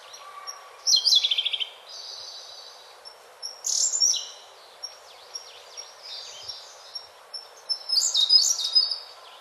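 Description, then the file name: Siberian blue robin song phrases, one a fast trill of high notes, others high chirps, separated by pauses, with scattered faint notes between. Recorded 27 April 2008. "koruri 080427"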